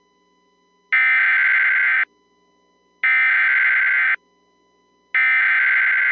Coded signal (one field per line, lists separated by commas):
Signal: Emergency Alert System (SAME) tones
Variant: header bursts